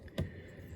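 A plastic joint near the shoulder ball joints of a Transformers Earthspark Terran Jawbreaker action figure is pushed during transformation so it locks into the figure's body. After a faint tick, a sharp plastic click sounds at 0.2 s as the joint seats into place, followed by quiet handling noise.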